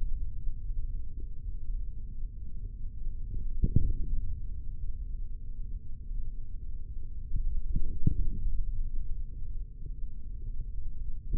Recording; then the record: forearm muscle sounds (acoustic myography)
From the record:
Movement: hand opening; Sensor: system 3, bracelet of six PUI Audio POM-2738L microphones around the upper forearm, with dedicated amplification and filtering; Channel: 2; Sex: male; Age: 43 years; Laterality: right